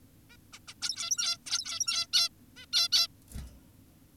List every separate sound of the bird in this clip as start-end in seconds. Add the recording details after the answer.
0.30-0.37, 0.53-0.59, 0.68-0.74, 0.82-1.38, 1.46-2.07, 2.13-2.29, 2.57-2.66, 2.73-2.89, 2.92-3.08. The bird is an adult. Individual g17y2U